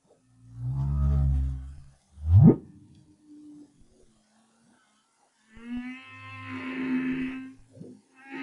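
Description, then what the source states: Humpback whale song with a deep rumbling groan, a quick upswept whoop, a short pause, then a steady harmonic moan with a rich buzzy overtone stack. 2011, BRAHSS project.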